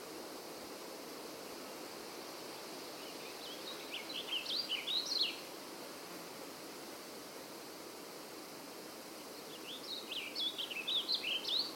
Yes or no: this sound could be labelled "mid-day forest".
yes